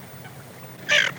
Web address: Хохлатая чернеть Moretta